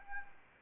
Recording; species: mosquito wingbeat signal from an infrared sensor; Anopheles arabiensis